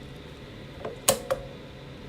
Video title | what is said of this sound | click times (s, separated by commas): UW Madison Visiting Student Kylie Swiekatowski practice with Weifeng | Yeah, you can hear the click, right? Yeah, now it's installed in here. | 1.1 s